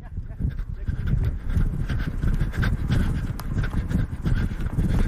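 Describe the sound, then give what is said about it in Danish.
A dog pants in quick, breathy bursts while defecating outdoors, over a steady low rumble of outdoor noise, with scattered soft rustles and clicks throughout. “Så, nu er der en hund, der skider.”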